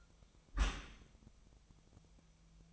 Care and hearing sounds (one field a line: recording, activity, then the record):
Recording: daily activity, microphone in the room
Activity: close dishwasher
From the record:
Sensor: 1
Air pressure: 1004.7 hPa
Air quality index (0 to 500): 118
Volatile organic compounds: 4 ppm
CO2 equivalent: 1640 ppm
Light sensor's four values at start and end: 9/22/8/9 and 9/22/8/9